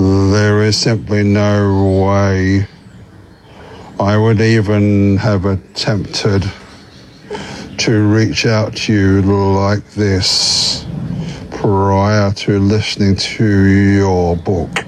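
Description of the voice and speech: Adult male speaker who stutters, heard in a voice message. Speech is marked by stretched-out sounds and long silent breaks between phrases. He recently attended a McGuire Programme stuttering course in Melbourne to work on his speech.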